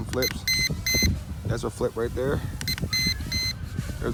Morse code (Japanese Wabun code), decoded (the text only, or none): none